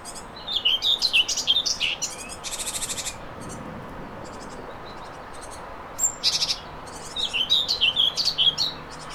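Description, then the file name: Common whitethroat singing brief, hurried scratchy phrases separated by pauses of a few seconds. "mezei poszata hangja"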